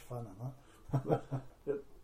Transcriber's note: chuckle